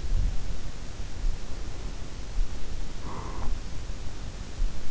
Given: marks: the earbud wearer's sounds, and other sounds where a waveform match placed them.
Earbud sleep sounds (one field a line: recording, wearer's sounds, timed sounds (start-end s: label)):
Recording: sounds in sleep by an in-ear microphone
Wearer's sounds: breath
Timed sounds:
1.54-4.07 s: breath